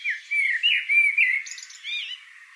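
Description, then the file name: Eurasian blackbird song: a rich, fluty warbled phrase of rising and falling whistles, with a brief high twitter. "Turdus merula"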